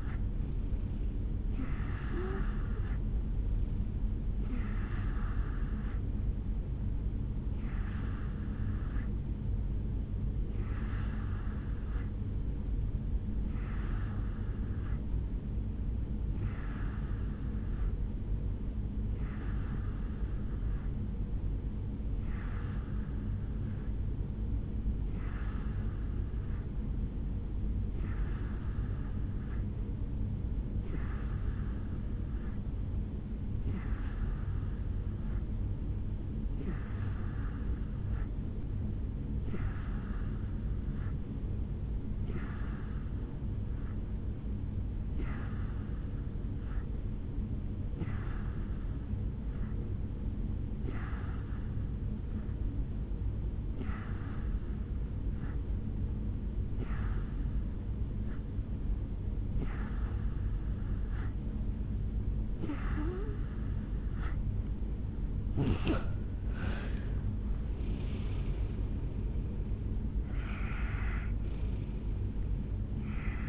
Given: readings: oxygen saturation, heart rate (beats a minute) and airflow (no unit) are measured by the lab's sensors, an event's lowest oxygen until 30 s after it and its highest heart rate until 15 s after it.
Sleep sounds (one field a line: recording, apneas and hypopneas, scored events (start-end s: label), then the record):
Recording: breathing in sleep by a smartphone at the bedside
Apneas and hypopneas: 1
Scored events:
9.00-62.30 s: hypopnea (N3, oxygen 91% highest, then 87% lowest, heart rate 65 at the start, 74 highest)
24.00-54.00 s: new sleep stage, N2 (light sleep)
54.00-73.49 s: new sleep stage, N1 (lightest sleep)
From the record:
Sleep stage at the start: N3 (deep sleep)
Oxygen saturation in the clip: 87 to 91%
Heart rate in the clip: 64 to 74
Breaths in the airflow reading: 25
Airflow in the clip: -8.5 to 6.6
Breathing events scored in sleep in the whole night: 449 in 7.0 hours asleep